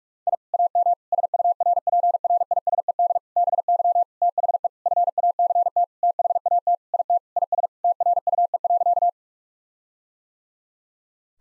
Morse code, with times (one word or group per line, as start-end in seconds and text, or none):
0.3-0.3 I
0.5-0.9 AM
1.1-3.2 SURPRISED
3.4-4.0 BY
4.2-4.7 THE
4.9-5.8 FACT
6.0-6.8 THAT
6.9-7.2 IT
7.4-7.7 IS
7.8-9.1 TRUE.